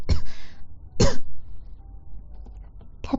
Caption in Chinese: 一直在咳嗽。 吃了六片月圆片，然后又吃了西瓜霜，然后还吃了蜈蚣丸。 我嗓子不好，我还老是咳嗽。